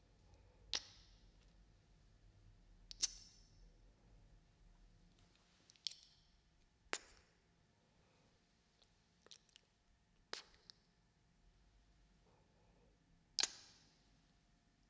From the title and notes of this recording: ASMR BINAURAL KISS SOUNDS.